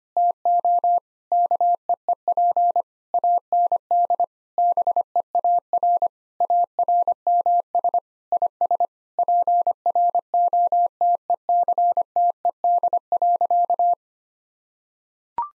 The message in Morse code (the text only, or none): TO KEEP AND BEAR ARMS IS PROTECTED.